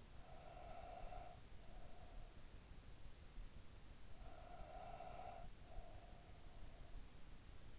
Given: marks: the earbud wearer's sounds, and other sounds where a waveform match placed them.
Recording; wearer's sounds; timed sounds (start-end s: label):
sounds in sleep by an in-ear microphone; breath
0.00-2.70 s: breath
3.47-7.25 s: breath